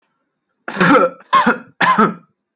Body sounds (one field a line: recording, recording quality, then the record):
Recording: heavy voluntary cough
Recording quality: excellent, no background noise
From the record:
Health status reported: healthy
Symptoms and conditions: none ticked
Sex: male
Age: 33 years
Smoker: not ticked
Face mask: not worn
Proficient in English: yes